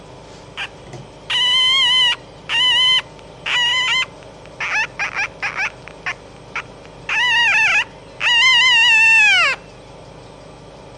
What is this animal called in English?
Red Fox